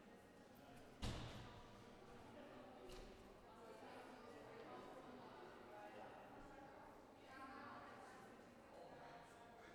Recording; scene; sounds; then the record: everyday scene through a hearing-aid microphone; reverberant space; background noise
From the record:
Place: railway station hall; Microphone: behind the ear, left, rear